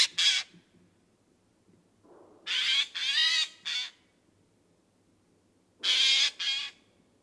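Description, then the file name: Eurasian jay uttering loud grating screeches, a burst at the start, a cluster of three after a pause, then two more near the end, with quiet gaps between. "Garrulus glandarius"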